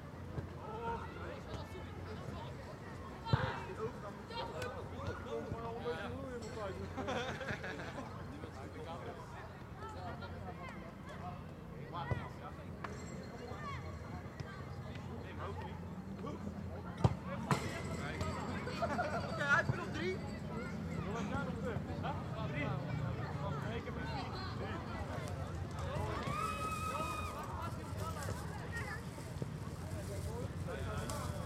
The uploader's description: People playing soccer on public sports fields in Schiehaven, Rotterdam.